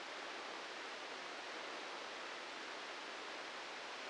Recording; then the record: brain microelectrode recording played as sound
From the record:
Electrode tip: inside the subthalamic nucleus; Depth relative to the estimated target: 0 mm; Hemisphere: left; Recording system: NeuroSet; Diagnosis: Parkinson's disease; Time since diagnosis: 10 years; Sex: male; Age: 56 years